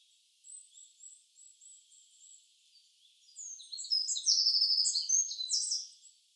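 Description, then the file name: Eurasian wren: a few soft high notes repeated at intervals, then a sudden loud burst of fast trilling, twittering song lasting about two seconds. "Troglodytes troglodytes"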